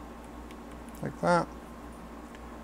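A small interchangeable lens, its red dot lined up with the dot on a 110 SLR film camera body, is pushed against the bayonet mount and twisted until a short click sounds at 1.1 s. Someone talks just after, and the lens is seated on the camera.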